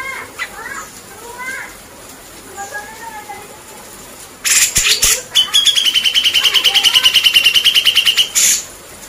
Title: CUCAK JENGGOT